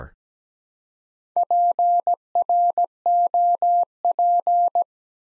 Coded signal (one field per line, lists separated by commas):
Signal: Morse code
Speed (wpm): 17 wpm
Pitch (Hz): 700 Hz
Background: none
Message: PROP